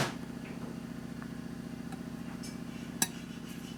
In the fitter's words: you heard the click go in pull